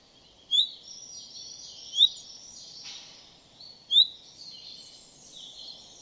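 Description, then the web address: Common chaffinch calling with three bright, clipped rising notes spaced irregularly, set against a constant high-pitched background hiss. "Deverinetal"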